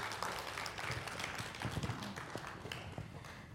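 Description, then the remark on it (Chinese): An audience at a church service applauds steadily, a dense patter of many overlapping claps holding at an even, moderate level for a few seconds with no voices over it. “来，好，一个掌声。”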